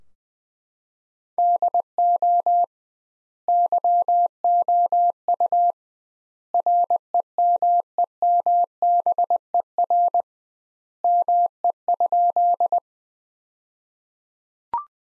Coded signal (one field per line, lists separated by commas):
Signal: Morse code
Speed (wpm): 20 wpm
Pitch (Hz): 700 Hz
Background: none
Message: DO YOU REMEMBER ME?